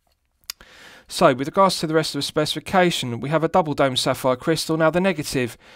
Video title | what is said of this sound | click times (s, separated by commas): Pagani Design PD-1676 4K Watch Review (Paul Newman Daytona Homage) | nice positive click to the flip lock clasp and good positive secondary click to the flip block itself | 0.5 s